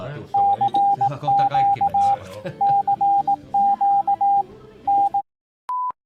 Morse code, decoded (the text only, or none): CQ CQ N